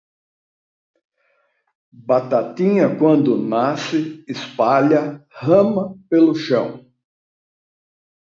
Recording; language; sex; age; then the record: short text; Brazilian Portuguese; male; 70 to 79 years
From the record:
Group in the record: control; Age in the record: 73 years